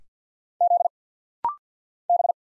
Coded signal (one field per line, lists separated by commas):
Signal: Morse code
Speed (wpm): 50 wpm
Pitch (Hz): 700 Hz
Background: none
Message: Z B